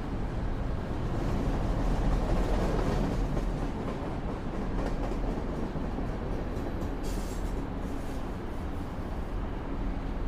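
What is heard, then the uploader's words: A train rolls along with a steady, dense rumble that stays strong in the low end throughout. The noise swells slightly around two to three seconds, with faint rhythmic rattling of the cars and a brief brighter hiss near seven seconds. Train to Leipzig. We hop on board a train heading to Leipzig.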